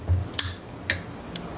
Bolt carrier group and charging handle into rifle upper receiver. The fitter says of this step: wait till it clicks and i've already got the buffer spring and buffer two back in there